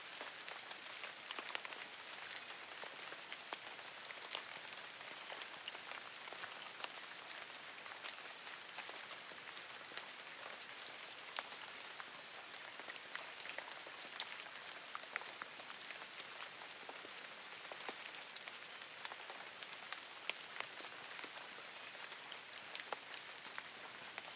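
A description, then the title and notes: Steady forest rain falls throughout, a dense, even hiss concentrated in the upper range with little low rumble. Countless tiny drop impacts crackle across the surface, with slightly sharper drips standing out every second or so. The level stays constant, without pauses or other sounds. Forest Rain.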